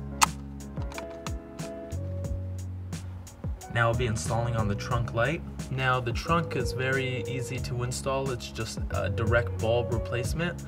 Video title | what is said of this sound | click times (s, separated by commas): Ford Mustang LED Interior How To Install - 4th Gen - 1994-2004 | pressure on the top tab until it snaps into place | 0.2 s